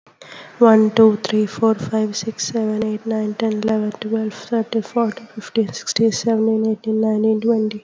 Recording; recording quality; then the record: counting at a fast pace; excellent, no background noise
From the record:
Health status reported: COVID-19 positive, moderate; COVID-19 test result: positive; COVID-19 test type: RT-PCR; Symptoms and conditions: fever, fatigue, loss of smell and taste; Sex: female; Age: 21 years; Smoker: no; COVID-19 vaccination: both doses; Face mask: not worn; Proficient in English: yes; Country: India